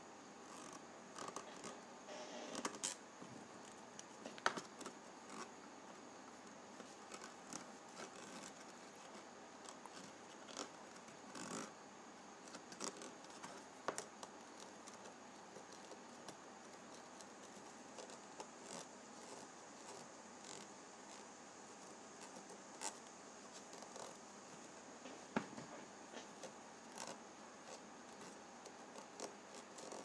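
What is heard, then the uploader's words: A penny's ridged edge is rubbed, a steady dry scraping broken by frequent sharp clicks throughout. ASMR Penny Ridge Rubbing.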